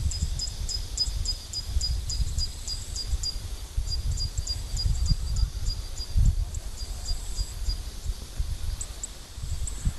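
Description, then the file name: Zitting cisticola giving sharp, high ticking notes in quick runs of about ten, pausing briefly between runs, over a steady low rumble. Recorded in Suncheon, South Korea. "Zitting Cisticola Suncheon South Korea PJB"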